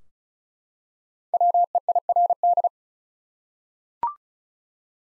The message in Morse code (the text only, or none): WEIRD